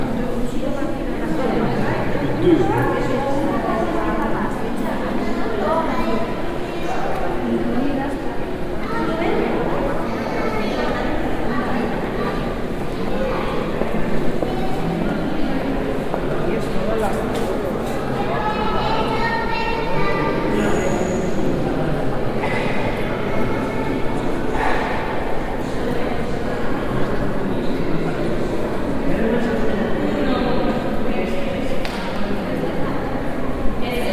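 A walk through rooms of Madrid's Reina Sofía Museum, filled with a steady murmur of many overlapping voices. The crowd chatter stays dense and even throughout, with a few clearer voices standing out around the middle and a sharp high tone near twenty seconds.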